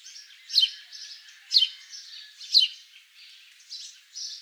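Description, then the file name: House sparrow chirps, three louder chirps about a second apart over fainter chirping in the background. "Passer domesticus"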